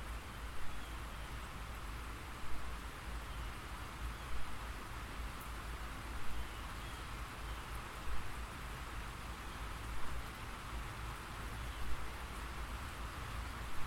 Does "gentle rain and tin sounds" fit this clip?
yes